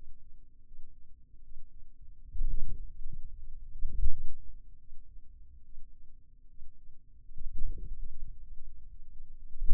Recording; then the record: forearm muscle sounds (acoustic myography)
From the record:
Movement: wrist extension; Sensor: system 2, bracelet of six BSWA MPA416 microphones around the upper forearm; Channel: 5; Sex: male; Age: 22 years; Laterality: right